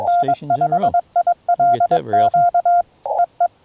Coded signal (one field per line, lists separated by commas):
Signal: Morse code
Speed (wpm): 21 wpm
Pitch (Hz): 690 Hz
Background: speech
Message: N5ILQ EE